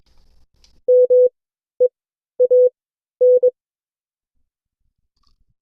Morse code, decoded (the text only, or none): MEAN